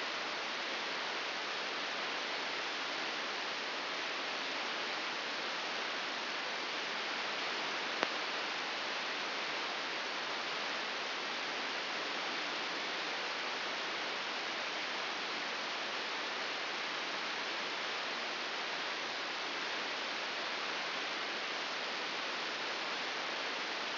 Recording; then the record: brain microelectrode recording played as sound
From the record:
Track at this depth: inside the subthalamic nucleus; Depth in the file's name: 4.208 mm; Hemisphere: right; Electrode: 3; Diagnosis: Parkinson's disease